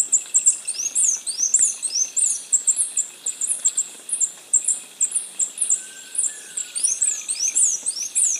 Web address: Natures Songs S America Birds of Ecuador 607 Capped Conebill